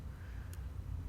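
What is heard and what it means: A fingerprint scanner flex cable connector on a Samsung Galaxy S9 is positioned on its phone board connector and pressed down. A short, sharp high-pitched click sounds at 0.5 s over a steady low rumble. The connector is seated and connected.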